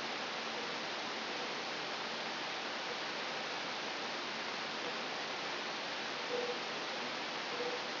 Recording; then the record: brain microelectrode recording played as sound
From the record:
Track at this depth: inside the subthalamic nucleus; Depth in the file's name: 1.154 mm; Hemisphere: right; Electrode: 3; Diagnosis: Parkinson's disease